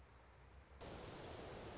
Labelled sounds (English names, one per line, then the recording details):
Song Sparrow
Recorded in Sonoma County, California